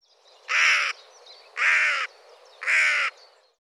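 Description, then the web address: Bird giving three harsh, broad cawing calls, each about half a second long, spaced roughly a second apart, over a faint hiss. "cianscape birddata Deverinetal 2025 File cleaned normalized Bird"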